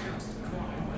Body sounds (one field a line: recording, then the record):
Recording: background sound without coughing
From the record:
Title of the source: 60 minutes of coffee shop sounds for study and concentration